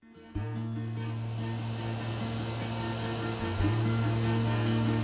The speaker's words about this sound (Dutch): Waar luisteren we naar? We luisteren naar de pompen waar het water uit de Biesbos binnenkomt op onze drinkwaterzuivering. Dit water komt uit de spaarbekkens van de Biesbos? Ja, dat klopt.